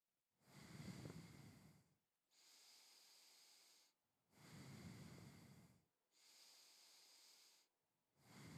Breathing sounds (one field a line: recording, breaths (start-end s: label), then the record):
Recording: nose breathing near a microphone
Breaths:
0.11-2.16 s: exhalation
2.16-4.01 s: inhalation
4.01-5.91 s: exhalation
5.91-7.91 s: inhalation
7.91-8.58 s: exhalation
From the record:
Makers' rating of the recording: medium